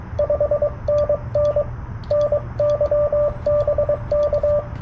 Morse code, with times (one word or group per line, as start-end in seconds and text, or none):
0.2-1.6 5NN
2.1-4.6 NYBK